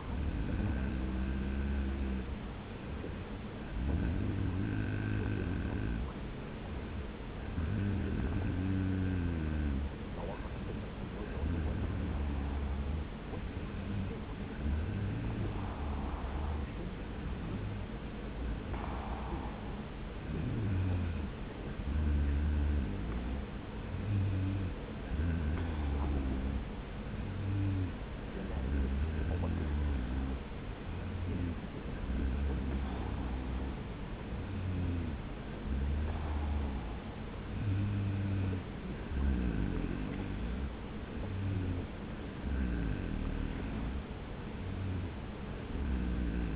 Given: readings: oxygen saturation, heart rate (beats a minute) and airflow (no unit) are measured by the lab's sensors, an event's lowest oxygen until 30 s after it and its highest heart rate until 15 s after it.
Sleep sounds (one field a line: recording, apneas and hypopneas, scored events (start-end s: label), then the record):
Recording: breathing in sleep by a voice recorder at the bedside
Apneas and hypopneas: none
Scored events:
none scored
From the record:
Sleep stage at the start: N2 (light sleep)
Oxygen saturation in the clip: 92 to 95%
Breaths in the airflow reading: 13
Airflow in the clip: -1.4 to 1.3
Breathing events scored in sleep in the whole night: 335 in 6.7 hours asleep